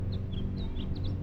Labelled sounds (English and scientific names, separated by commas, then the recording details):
House Finch (Haemorhous mexicanus) song
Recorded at Valley Stream on Long Island, New York, on 17 June 1975
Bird A